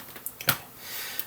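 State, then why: Seated. A plastic LEGO accessory piece is pressed onto jumper plates on a LEGO build and snaps into place. Light ticks come at 0.3 s and 0.4 s, the loud, sharp seating snap lands at 0.5 s, and a final small tick follows at 1.2 s. The accessory sits seated on the jumper plates.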